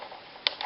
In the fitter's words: and it snaps in place and then it's ready to go